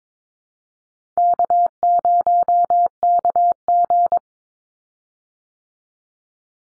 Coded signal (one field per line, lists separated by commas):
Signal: Morse code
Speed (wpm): 22 wpm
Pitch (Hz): 700 Hz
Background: none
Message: K0KG